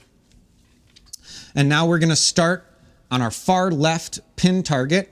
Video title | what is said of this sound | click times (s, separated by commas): Capture My First Kitchen | so now at this point in time we can unlock our 2D lock here | 1.1 s